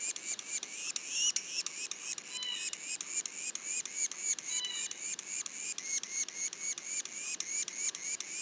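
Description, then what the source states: Yellow-bellied sapsucker juveniles: high, rising mewed notes in a rapid, steady pulse, with a few extra higher upslurred notes. Juveniles, Mont-Orford National Park, Quebec, Canada; mono recording.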